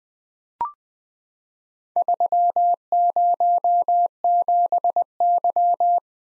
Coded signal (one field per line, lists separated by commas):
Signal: Morse code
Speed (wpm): 20 wpm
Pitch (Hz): 700 Hz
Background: none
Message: 307Y